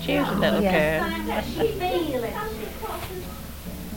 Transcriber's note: laughs